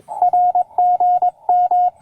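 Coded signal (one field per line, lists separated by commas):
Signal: Morse code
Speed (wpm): 21 wpm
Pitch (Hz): 720 Hz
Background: radio noise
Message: RGM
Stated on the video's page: QRP CW Parks on the Air activation at a national wildlife refuge, using an Elecraft K2 and Packtenna end-fed half-wave antenna.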